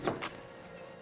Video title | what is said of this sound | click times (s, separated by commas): The M&P Shield Plus - Unboxing and In Depth First Impression | Works perfectly fine. Hear that nice click, | 0.1 s